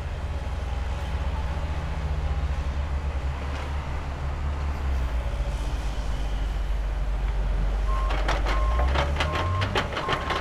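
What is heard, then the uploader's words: A construction zone with a heavy engine rumbling low and steady throughout, its pitch rising and falling slightly. From about eight seconds, a regular series of bright reversing beeps sounds over the engine, mixed with sharp clanking knocks. Construction Zone Observer.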